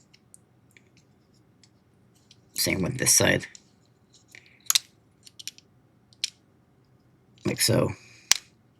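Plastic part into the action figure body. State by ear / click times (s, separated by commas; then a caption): seated / 8.3 s. Someone talks while shifting a plastic part on the second side of a Transformers Studio Series Transformers One Starscream action figure into position on the figure body, with small plastic clicks and taps along the way. A loud, sharp snap at 8.3 s marks the part locking into place, and it is seated.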